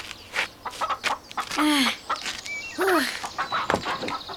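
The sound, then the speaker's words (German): Chickens pecking at the ground behind a fence cluck in short, scattered bursts as someone tries to catch one, with two longer, bending squawk-like calls in the middle. Light clicks and scratchy rustles fill the gaps. “Na, kommst du wohl her, du dummes Huhn?”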